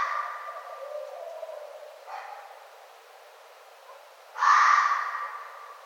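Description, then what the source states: Red fox: the fading tail of one hoarse call, a faint short yelp near two seconds, then a loud harsh bark with a long rasping fade. Recorded on 1 November 2011.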